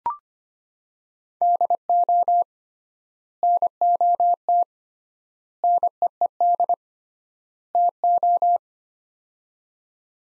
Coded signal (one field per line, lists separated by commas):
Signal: Morse code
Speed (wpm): 25 wpm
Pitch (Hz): 700 Hz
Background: none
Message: DO NOT NEED TO